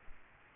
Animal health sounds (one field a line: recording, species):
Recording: mosquito wingbeat signal from an infrared sensor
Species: Aedes albopictus